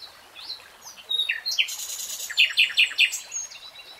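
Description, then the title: Nightingale: songbird phrase of mixed whistles, rasping notes and a few sharp repeated chirps, delivered quickly and irregularly over a soft background hiss. "[Tiếng chim hót] Nightingale Singing"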